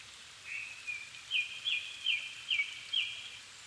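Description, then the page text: Japanese thrush singing a sustained whistled phrase broken into five quick repeated slurred notes about every half second. Recorded 7 May 2011 at 17:59 in the evening; Nikko, Japan; altitude 270 m; Sony PCM-D50 recorder with Panasonic WM-61A microphone. "Turdus cardis [Sounds -Nikko Today-]"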